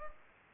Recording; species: mosquito wingbeat signal from an infrared sensor; Culex pipiens